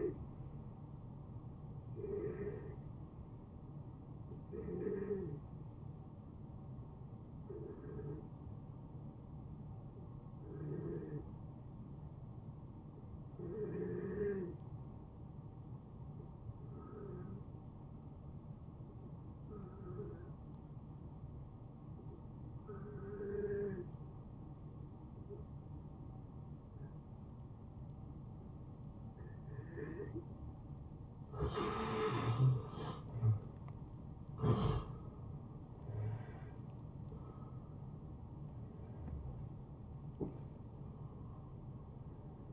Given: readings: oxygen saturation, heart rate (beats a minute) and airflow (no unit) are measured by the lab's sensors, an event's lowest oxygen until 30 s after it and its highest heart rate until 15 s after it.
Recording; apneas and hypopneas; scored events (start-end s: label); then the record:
breathing in sleep by a smartphone at the bedside; 1
8.00-33.70 s: hypopnea (N1, oxygen 94% highest, then 90% lowest, heart rate 72 at the start, 81 highest)
19.00-42.53 s: new sleep stage, N2 (light sleep)
From the record:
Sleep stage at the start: N1 (lightest sleep); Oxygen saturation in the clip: 84 to 94%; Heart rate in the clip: 67 to 76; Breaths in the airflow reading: 11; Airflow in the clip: -19.5 to 14.7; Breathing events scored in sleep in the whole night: 263 in 5.5 hours asleep